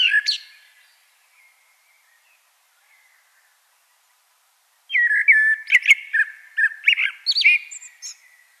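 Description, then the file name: Common blackbird singing: a phrase ends, then after a long silence comes a mellow, fluted warble with scratchy, high-pitched flourishes. "Turdus merula"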